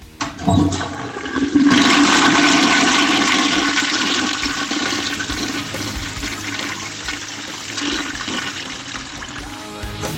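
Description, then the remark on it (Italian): A toilet flushes with a sharp click and a loud rushing whoosh of water that churns steadily, then slowly eases into a softer gurgling refill. No one speaks. “Però lo considero un atto fondamentale di igiene, di pulizia, di rispetto degli altri, perché se tu non tiri l'acqua, quando l'altra persona arriva in bagno, vede le tue, sente le tue cose.”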